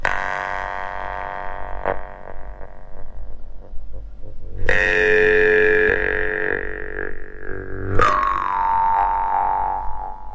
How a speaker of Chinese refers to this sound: 那通过口腔的刚才你说的气息也好力量也好，可以让这个簧片来震动发出不一样的声音。 对对对。 那我们能来试一下吗？ 嗯，比如说这个口弦琴是低音的一个口弦琴。